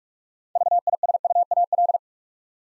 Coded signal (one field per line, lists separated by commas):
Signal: Morse code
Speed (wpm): 44 wpm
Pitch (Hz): 700 Hz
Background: none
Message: VISUAL